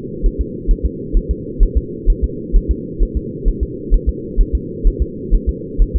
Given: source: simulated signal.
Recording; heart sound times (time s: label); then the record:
fetal heart sounds
0.26 s: S1
0.41 s: S2
0.71 s: S1
0.86 s: S2
1.17 s: S1
1.31 s: S2
1.63 s: S1
1.78 s: S2
2.10 s: S1
2.24 s: S2
2.56 s: S1
2.71 s: S2
3.03 s: S1
3.17 s: S2
3.48 s: S1
3.63 s: S2
3.94 s: S1
4.09 s: S2
4.41 s: S1
4.55 s: S2
4.87 s: S1
5.02 s: S2
5.34 s: S1
5.49 s: S2
5.82 s: S1
5.96 s: S2
From the record:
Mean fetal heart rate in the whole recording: 130 bpm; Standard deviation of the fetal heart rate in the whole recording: 4 bpm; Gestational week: 38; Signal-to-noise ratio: -4.1 dB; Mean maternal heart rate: no maternal heart sound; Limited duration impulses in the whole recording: absent